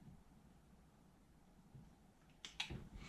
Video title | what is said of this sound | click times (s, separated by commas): Classic Mini Workshop - Project Sprout Pt.13 Airbag Steering Wheel Guest @classicminidetails8887 | Click, click. That's it. Click, click. You heard it then, didn't you? | 2.4 s, 2.6 s